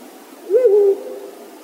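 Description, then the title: Ural Owl giving a single brief low hoot that rises and then wavers downward. Juvenile owl. "朝の小鳥. フクロウの幼鳥"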